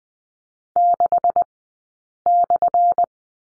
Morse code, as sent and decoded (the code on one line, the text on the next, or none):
-.... -..-.
6/